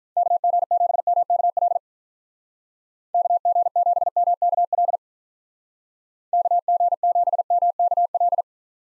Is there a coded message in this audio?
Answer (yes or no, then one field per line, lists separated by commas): yes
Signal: Morse code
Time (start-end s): 0.2-8.4 s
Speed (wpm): 47 wpm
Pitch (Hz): 700 Hz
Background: none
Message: KG7MKL KG7MKL KG7MKL